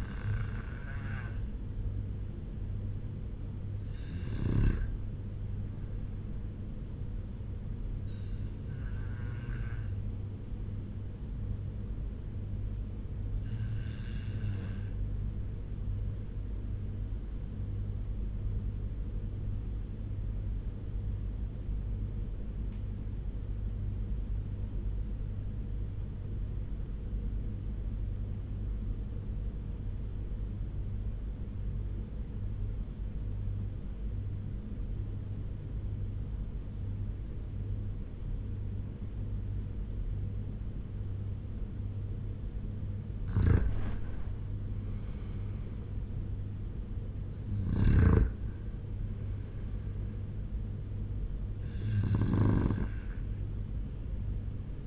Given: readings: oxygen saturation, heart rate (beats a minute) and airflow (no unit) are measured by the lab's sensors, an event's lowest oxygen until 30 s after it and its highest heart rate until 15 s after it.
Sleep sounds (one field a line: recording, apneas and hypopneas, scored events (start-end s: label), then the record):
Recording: breathing in sleep by a smartphone at the bedside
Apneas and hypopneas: 1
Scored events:
16.00-45.40 s: obstructive apnea (REM, oxygen 98% highest, then 90% lowest, heart rate 82 at the start, 91 highest)
From the record:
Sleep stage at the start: REM sleep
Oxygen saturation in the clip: 90 to 98%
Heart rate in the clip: 76 to 91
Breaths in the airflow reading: 3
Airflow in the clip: -6.6 to 5.2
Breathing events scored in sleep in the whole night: 201 in 6.5 hours asleep